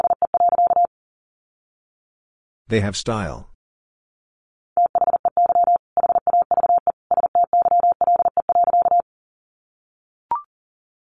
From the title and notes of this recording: Sentences from Top 800 Words 40wpm. First, the words are sent in Morse code. Then it is spoken.